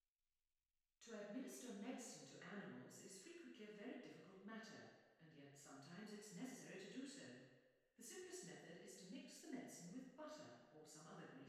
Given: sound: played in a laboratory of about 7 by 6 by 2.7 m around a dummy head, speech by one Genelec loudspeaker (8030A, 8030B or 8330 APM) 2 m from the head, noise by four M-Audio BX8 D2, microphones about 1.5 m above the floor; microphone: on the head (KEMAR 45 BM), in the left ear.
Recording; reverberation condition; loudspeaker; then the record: female speech in English; high; 150 degrees to the right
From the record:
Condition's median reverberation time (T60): about 1300 ms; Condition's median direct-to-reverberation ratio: about -4.0 dB